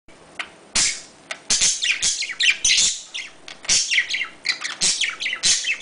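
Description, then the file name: Budgerigar chatter: rapid bursts of high, scratchy chirps and warbles, some sliding downward, coming in clusters with short pauses between. "Budgie Sounds"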